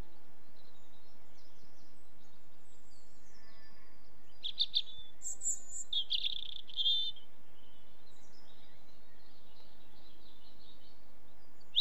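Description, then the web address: European robin singing a short, high, scratchy warbling phrase midway through, over a steady low rumble of background noise. "BBC Sound Effects Library. Robin"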